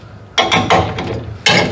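A torque wrench tightens a breaker lug screw to 28 inch-pounds using the two-click verification method. It gives sharp clicks at 0.4 s and 1.5 s, with fainter mechanical rattles in between. The lug is confirmed torqued with the double click.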